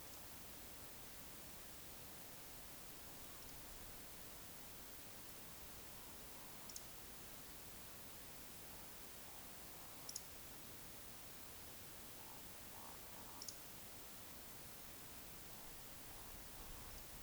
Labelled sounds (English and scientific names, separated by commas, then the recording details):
Eurasian Woodcock (Scolopax rusticola) whistle, Eurasian Woodcock (Scolopax rusticola) croak
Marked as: whistle, whistle, croak, whistle, croak, whistle, croak, whistle, croak, whistle
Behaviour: display flight
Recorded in Baden-Württemberg, Germany, on 20 May 2021 at 19:53 UTC
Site 24606, 635 m above sea level